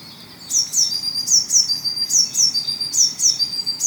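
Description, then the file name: Eurasian blue tit repeating thin, high, downslurred notes steadily, without a break. "Cyanistes caeruleus"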